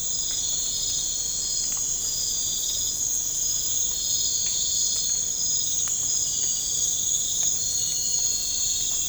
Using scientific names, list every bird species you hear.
none